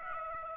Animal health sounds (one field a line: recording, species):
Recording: mosquito wingbeat signal from an infrared sensor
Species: Aedes aegypti